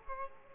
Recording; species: mosquito wingbeat signal from an infrared sensor; Culex quinquefasciatus